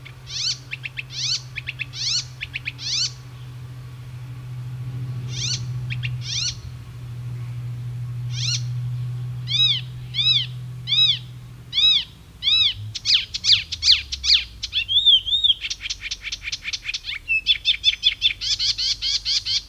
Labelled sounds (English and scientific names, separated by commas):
Icterine Warbler (Hippolais icterina) song